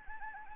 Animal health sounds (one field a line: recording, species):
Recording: mosquito wingbeat signal from an infrared sensor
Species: Anopheles gambiae